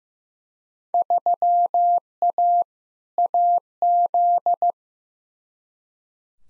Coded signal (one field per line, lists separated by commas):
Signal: Morse code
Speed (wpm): 15 wpm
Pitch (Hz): 700 Hz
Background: none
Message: 3A AZ